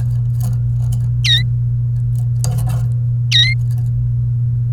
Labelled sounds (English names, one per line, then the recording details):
Domestic Canary song
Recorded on 28 April 2018 at 15:48
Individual llb3